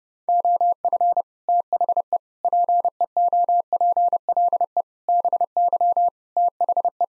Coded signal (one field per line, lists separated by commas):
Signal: Morse code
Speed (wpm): 32 wpm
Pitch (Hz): 700 Hz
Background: none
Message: OF THE PEOPLE BY THE